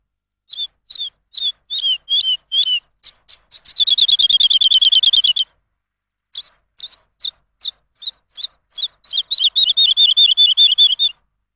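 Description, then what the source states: Lark song: well-spaced varied chirps leading into a dense, rapid trill, a pause, then more chirps and another fast rolling series. Lark song used for training songbirds.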